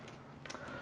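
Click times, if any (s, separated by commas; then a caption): 0.5 s. After the batteries go in, the battery compartment latch on the inside of a metal safe door is closed. Two sharp, short clicks land in quick succession at about 0.5 s and 0.5 s over a low steady background, and the latch clicks shut.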